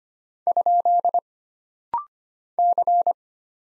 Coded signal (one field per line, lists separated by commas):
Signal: Morse code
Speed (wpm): 25 wpm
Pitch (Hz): 700 Hz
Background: none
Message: ? C